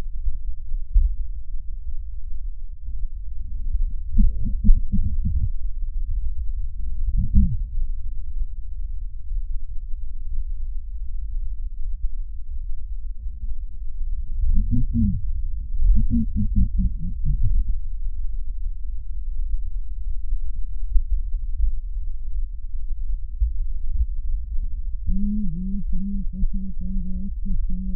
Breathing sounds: lung sounds by stethoscope; right posterior apical chest; quiet breathing, then cough and speech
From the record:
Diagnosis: pulmonary infection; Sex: female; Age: 74 years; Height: 160 cm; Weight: 66 kg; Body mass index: 25.8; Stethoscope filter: bell mode

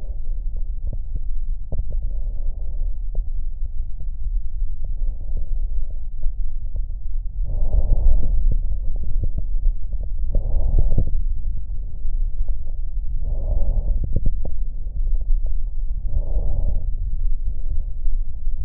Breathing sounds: lung sounds by stethoscope; right anterior apical chest; quiet breathing, then deep breathing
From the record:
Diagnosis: COPD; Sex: male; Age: 77 years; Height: 172 cm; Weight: 85.2 kg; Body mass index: 28.8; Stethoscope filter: extended mode

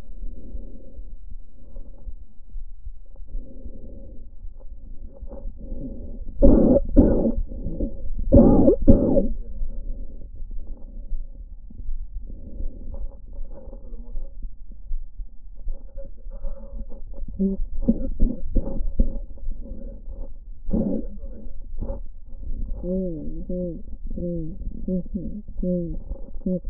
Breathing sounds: lung sounds by stethoscope; left anterior apical chest; quiet breathing, then cough and speech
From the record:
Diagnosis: asthma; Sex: female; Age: 56 years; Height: 161 cm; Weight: 85 kg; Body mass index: 32.8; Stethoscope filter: diaphragm mode

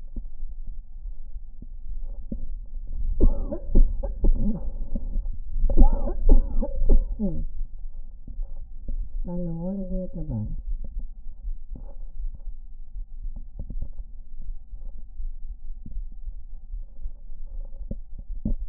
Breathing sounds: lung sounds by stethoscope; left anterior apical chest; quiet breathing, then cough and speech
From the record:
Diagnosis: asthma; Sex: female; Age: 66 years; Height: 172 cm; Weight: 76 kg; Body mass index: 25.7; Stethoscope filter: diaphragm mode

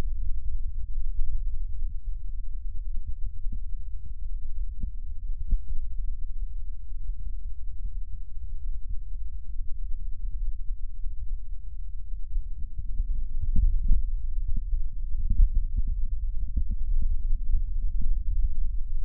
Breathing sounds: lung sounds by stethoscope; left posterior basal chest; quiet breathing, then deep breathing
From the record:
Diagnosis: COPD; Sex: male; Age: 64 years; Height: 166 cm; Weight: 92.7 kg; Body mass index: 33.6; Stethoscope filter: bell mode

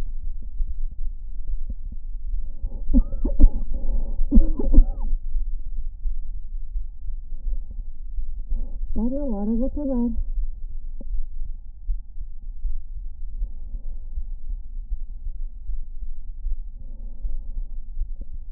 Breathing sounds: lung sounds by stethoscope; left anterior apical chest; quiet breathing, then cough and speech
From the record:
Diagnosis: interstitial lung disease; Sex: female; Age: 60 years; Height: 152 cm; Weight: 55.9 kg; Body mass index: 24.2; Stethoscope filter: diaphragm mode

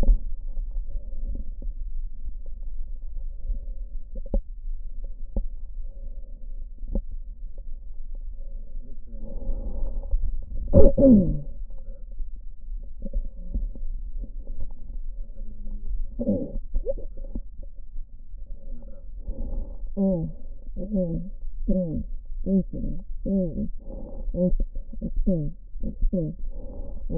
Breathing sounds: lung sounds by stethoscope; right posterior basal chest; quiet breathing, then cough and speech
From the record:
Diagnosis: interstitial lung disease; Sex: female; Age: 72 years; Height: 153 cm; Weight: 71 kg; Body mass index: 30.3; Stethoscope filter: diaphragm mode

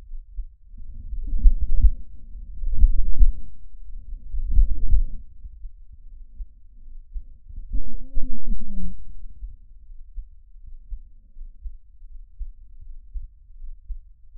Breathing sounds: lung sounds by stethoscope; trachea; quiet breathing, then cough and speech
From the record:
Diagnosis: interstitial lung disease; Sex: male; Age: 47 years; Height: 159 cm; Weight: 66.8 kg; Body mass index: 26.4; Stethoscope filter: bell mode

